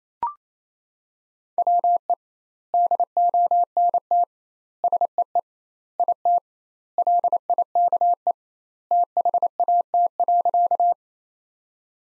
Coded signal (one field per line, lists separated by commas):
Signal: Morse code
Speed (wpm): 28 wpm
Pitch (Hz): 700 Hz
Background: none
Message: WE DONT SEE IT LIKE THAT.